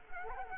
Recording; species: mosquito wingbeat signal from an infrared sensor; Culex quinquefasciatus